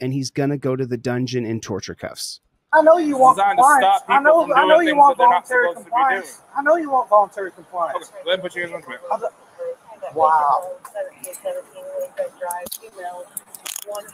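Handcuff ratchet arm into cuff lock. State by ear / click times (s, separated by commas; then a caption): seated / 12.5 s, 12.8 s, 13.4 s, 13.7 s, 13.8 s. Metal handcuffs are put on a man's wrists while people talk, and the ratchet arm is pushed into the cuff lock. Sharp ratcheting clicks come at 12.5, 12.8, 13.4, 13.7 and 13.8 seconds as the cuffs tighten and close shut.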